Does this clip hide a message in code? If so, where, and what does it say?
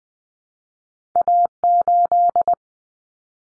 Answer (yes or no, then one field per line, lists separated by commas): yes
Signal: Morse code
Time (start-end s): 1.2-2.5 s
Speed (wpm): 20 wpm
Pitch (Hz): 700 Hz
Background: none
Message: A8